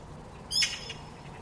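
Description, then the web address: Bird giving a single short, harsh, scratchy call over quiet background hiss. "cianscape birddata Deverinetal"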